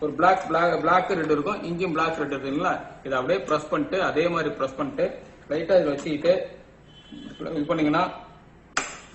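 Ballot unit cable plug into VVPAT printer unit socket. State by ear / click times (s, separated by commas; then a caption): seated / 8.8 s. A ballot unit cable connector is lined up black to black and red to red under a VVPAT printer unit, placed lightly and pressed into its socket while someone talks. A sharp click is heard at 8.8 s as the connector seats and locks into the VVPAT socket.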